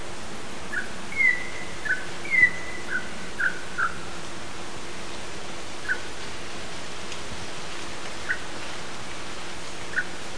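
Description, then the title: Campo troupial whistles: a few slurred, fluty notes early on, then sparse single whistles spaced seconds apart against constant background hiss. Subspecies jamacaii; Brazilian bird, recorded in Brazil. "Canto de Pássaros Brasileiros. Troupial (Icterus icterus jamacaii)"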